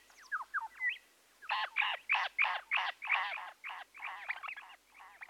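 Bird chatter in rapid bursts of harsh, stacked notes repeated several times a second, preceded by a few thin whistles.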